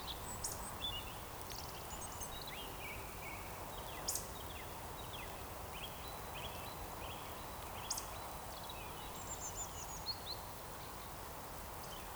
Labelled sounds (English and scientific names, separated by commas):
Eurasian Woodcock (Scolopax rusticola) whistle